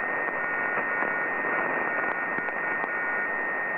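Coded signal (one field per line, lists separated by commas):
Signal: Morse code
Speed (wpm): 10 wpm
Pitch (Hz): 1450 Hz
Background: radio noise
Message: MEX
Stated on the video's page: Non-directional beacon on an offshore oil platform, 1705 kHz, received about 1500 km away.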